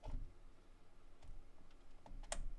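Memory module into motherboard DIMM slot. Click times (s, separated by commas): 2.3 s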